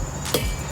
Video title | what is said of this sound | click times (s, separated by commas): How to Change Engine Oil, Oil Filter, Air Filter, Reset Maintenance & Rotate Tires Toyota Highlander | You're doing a crisscross pattern, one click. | 0.3 s